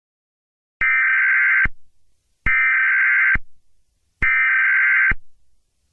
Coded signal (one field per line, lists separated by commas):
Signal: Emergency Alert System (SAME) tones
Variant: header bursts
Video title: Eas Scenario 7: USA Independence Day war